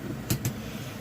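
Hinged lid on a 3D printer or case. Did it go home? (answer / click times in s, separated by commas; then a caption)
released / 0.3 s, 0.5 s. A hinged lid on a 3D printer or case is popped up and releases open. Two short clicks are heard at 0.3 s and 0.5 s over a steady low background hum.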